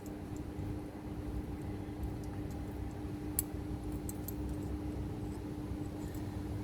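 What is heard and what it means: A new metal brake pad retaining clip is pressed from the top into its seat on the caliper bracket against a steady low hum, and pressing from above is what makes it seat. A sharp metallic snap is heard at 3.4 s, followed by two fainter ticks near 4.1 s and 4.3 s. The clip seats in place.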